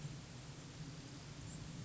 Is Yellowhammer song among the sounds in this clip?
no